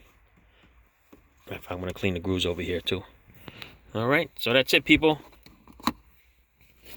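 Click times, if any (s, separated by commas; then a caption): 5.9 s. On a 2012 Toyota RAV4, after the USB/aux port switch is swapped, the plastic dash trim panel holding it is pressed back into the dashboard while someone talks. A loud, sharp snap at 5.9 s marks the panel popping into place and seating.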